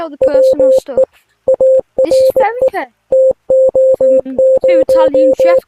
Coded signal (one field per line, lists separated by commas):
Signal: Morse code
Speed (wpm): 19 wpm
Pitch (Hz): 520 Hz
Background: speech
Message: WE ARE TO0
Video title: Translate the Morse code